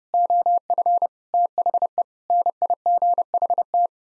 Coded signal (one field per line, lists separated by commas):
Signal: Morse code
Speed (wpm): 29 wpm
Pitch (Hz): 700 Hz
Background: none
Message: OF THE NIGHT